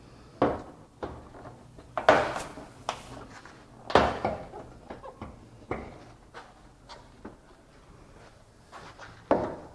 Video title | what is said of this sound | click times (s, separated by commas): 2008 Honda Civic Bumper Cover | They snap right into place. | 0.4 s, 2.0 s, 2.1 s, 2.9 s, 9.3 s